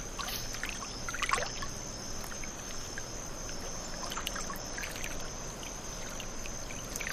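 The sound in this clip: Cricket trilling continuously on one high, even pitch, while intermittent water splashes and drips break in around it.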